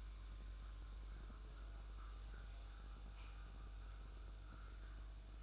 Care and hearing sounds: daily activity, microphone in the room; make coffee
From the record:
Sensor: 2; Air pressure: 994.8 hPa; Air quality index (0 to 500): 54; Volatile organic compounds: 1 ppm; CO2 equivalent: 880 ppm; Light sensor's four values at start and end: 14/49/19/18 and 14/49/19/18

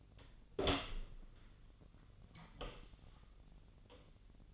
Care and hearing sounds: daily activity, microphone in the room; open door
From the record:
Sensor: 4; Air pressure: 1010.0 hPa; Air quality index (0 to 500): 190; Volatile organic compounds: 3 ppm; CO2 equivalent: 1370 ppm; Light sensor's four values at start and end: 34/83/34/36 and 32/77/32/34

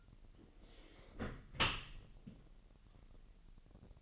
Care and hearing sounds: daily activity, microphone in the room; close dishwasher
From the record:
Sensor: 4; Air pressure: 1001.4 hPa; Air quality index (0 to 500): 248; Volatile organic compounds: 43 ppm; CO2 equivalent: 3194 ppm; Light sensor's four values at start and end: 8/17/7/6 and 8/18/7/6

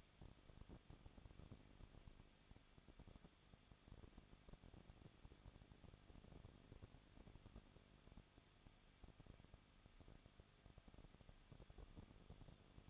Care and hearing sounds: daily activity, microphone in the room; no activity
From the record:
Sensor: 4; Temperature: 23.1 degrees Celsius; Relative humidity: 34.0%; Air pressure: 1007.2 hPa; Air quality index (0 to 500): 215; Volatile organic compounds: 15 ppm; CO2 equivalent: 2479 ppm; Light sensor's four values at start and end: 2/3/1/1 and 2/3/1/1

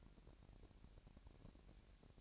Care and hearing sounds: daily activity, microphone in the room; take from stove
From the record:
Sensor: 2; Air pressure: 1011.9 hPa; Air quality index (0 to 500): 201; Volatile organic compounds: 3 ppm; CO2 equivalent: 1424 ppm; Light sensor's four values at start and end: 63/150/62/60 and 63/150/62/60

